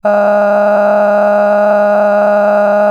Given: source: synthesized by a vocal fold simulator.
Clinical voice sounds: sustained vowel; female; cycle-to-cycle stiffness perturbation (roughness), level 7 of 10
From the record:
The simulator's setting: 4.56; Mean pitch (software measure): 206 Hz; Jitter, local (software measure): 2.03%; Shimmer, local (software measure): 14.2%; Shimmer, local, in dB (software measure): 1.24 dB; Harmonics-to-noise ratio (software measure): 13.6 dB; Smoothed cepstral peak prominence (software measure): 15.1 dB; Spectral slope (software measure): -21.8 dB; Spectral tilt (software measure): -11.6 dB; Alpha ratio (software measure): -12.3 dB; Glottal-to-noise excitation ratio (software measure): 0.955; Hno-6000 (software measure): 2.4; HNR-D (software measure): 30.9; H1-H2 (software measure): -0.9 dB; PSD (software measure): 8.9e-05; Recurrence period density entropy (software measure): 0.117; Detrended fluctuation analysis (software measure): 0.0282

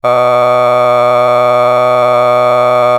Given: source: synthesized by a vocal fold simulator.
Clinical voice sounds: sustained vowel; male; a random mix of aspiration noise, stiffness perturbation and strain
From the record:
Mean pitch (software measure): 123 Hz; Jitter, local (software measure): 1.11%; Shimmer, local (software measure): 5.1%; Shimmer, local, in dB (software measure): 0.45 dB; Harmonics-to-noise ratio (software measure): 16.7 dB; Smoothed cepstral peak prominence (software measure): 19.5 dB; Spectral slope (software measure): -14.9 dB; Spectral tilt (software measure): -10.4 dB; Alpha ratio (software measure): -5.3 dB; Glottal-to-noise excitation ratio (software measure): 0.985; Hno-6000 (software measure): 2.1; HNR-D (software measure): 28.5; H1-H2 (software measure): 1.6 dB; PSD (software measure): 9.8e-05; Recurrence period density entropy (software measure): 0.110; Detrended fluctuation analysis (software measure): 0.0317

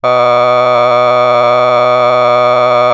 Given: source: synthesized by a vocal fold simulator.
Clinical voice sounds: sustained vowel; male; a random mix of aspiration noise, stiffness perturbation and strain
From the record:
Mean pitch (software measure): 123 Hz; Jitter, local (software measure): 1.23%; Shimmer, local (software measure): 4.9%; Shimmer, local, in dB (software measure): 0.44 dB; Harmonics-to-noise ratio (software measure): 15.9 dB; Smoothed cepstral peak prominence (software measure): 19.5 dB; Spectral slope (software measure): -13.5 dB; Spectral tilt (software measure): -9.9 dB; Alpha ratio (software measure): -4.0 dB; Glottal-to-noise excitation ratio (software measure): 0.993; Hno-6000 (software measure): 1.9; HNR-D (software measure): 27.5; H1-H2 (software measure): 1.0 dB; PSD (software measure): 1.3e-04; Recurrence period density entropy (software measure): 0.116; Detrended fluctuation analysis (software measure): 0.0291

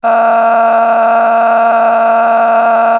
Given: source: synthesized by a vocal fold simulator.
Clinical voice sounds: sustained vowel; female; a random mix of aspiration noise, stiffness perturbation and strain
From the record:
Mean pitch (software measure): 229 Hz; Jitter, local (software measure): 2.55%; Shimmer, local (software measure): 9.6%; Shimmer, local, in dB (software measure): 0.85 dB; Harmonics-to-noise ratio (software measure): 11.9 dB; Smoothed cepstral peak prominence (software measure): 11.1 dB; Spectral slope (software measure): -18.6 dB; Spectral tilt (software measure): -9.6 dB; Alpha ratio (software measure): -9.0 dB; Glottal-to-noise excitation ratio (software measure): 0.817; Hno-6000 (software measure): 1.9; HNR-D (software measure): 33.3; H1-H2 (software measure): -1.1 dB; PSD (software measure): 1.0e-04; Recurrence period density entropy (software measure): 0.118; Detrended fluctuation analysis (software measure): 0.0124

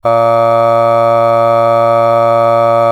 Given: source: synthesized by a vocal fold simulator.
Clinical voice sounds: sustained vowel; male; aspiration noise (breathiness), level 5 of 10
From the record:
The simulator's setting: 0.74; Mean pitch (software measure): 115 Hz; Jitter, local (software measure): 0.29%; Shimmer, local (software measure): 2.4%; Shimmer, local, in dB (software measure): 0.21 dB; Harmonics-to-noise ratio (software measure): 24.8 dB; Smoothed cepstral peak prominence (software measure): 19.6 dB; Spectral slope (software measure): -17.2 dB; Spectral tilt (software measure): -9.0 dB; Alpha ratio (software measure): -7.6 dB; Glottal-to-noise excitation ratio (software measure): 0.987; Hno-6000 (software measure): 2.3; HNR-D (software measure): 23.3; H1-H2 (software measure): 4.9 dB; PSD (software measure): 2.4e-05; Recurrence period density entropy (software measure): 0.106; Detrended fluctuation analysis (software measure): 0.0544

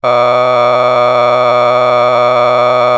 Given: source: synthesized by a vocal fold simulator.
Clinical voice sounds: sustained vowel; male; a random mix of aspiration noise, stiffness perturbation and strain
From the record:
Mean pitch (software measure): 123 Hz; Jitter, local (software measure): 1.92%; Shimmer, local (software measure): 8.1%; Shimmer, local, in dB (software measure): 0.71 dB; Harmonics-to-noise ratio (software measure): 12.0 dB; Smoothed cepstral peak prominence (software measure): 17.6 dB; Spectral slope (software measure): -13.6 dB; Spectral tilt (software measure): -10.2 dB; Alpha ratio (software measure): -4.1 dB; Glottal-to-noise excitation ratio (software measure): 0.985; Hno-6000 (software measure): 1.9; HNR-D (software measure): 24.5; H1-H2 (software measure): 1.2 dB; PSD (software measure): 1.8e-04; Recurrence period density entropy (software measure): 0.117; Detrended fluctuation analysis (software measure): 0.0299

